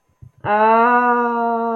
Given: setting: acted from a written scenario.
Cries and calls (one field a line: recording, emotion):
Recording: vocal sound without words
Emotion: pain